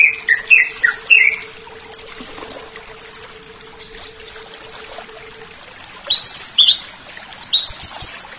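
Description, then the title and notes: Leafbird song in short bursts: several descending whistled notes at the start, a long quiet gap, then two clusters of high chattering chirps near the end. Small-leaf ('daun kecil') type. "CCKIJDaunKecil. Cucak Ijo"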